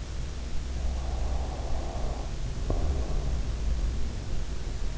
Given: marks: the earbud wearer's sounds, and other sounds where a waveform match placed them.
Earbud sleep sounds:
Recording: sounds in sleep by an in-ear microphone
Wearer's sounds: breath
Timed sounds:
0.47-3.93 s: breath

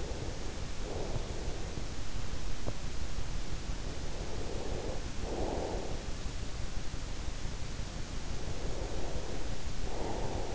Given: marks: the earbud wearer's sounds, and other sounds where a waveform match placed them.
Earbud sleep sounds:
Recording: sounds in sleep by an in-ear microphone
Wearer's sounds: breath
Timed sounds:
0.00-1.50 s: breath
4.08-5.98 s: breath
8.52-10.55 s: breath

